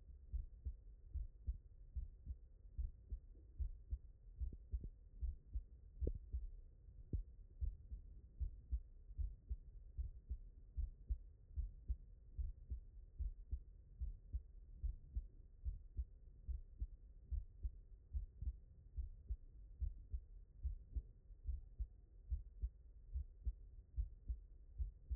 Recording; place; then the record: heart sounds by stethoscope; mitral valve (MV)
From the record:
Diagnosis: non-HFrEF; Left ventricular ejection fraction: 65%